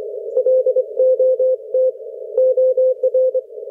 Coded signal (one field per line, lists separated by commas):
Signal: Morse code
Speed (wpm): 25 wpm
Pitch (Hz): 530 Hz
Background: none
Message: LOT OR